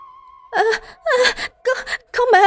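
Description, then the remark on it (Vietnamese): A steady high tone hums briefly, then a woman's screams break out in four loud, shrill, wailing bursts separated by short gaps, each strained and quivering, in a ghost story set in a haunted rented room. “Nghe tiếng thét, con ma nữ quay phắt lại, chiếu đôi mắt đỏ máu hằn học về phía cô.”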